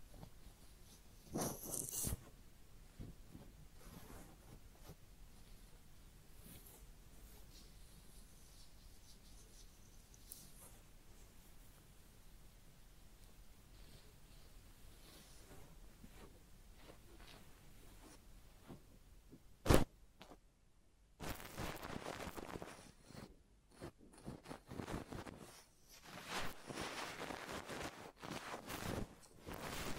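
Head massage and ear cleaning sounds: soft, steady rubbing and scratching fills the first twenty seconds, with a brief crisp burst near two seconds. A sharp loud click lands near twenty seconds, followed by denser, harsher rustling and crackling in bursts to the end.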